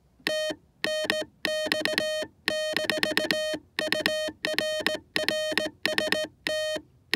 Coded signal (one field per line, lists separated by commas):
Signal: Morse code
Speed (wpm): 22 wpm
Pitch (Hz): 630 Hz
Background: none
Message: T NX-URRST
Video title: Portable QRPp 0.8 Watts Heathkit HW8.